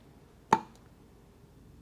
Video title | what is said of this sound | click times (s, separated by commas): How To Remove Harley Wheel Bearings - Tool Tech Tuesday - JIMS - Kevin Baxter - Pro Twin Performance | push it down by hand very slow until we hear a click. | 0.5 s